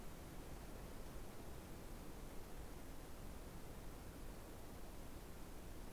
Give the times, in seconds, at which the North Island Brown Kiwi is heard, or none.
none